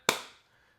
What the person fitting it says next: Solid click onto the case.